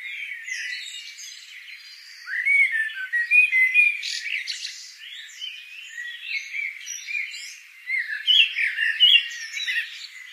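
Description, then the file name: Eurasian blackbird giving squawky, chattering calls with scratchy notes, quiet at first, then louder bursts around the third second and again near the end. "Turdus merula"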